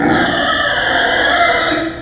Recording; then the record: squeal of a Yucatan mini pig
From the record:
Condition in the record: before surgery on the right vocal fold (resection and tissue-engineered implant); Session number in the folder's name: 3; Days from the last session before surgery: 0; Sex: female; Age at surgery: 19 weeks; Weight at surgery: 25 kg